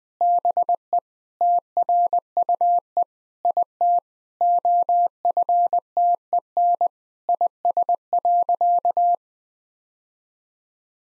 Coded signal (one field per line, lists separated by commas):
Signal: Morse code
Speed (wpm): 20 wpm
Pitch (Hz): 700 Hz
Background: none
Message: BE TRUE IT OFTEN IS.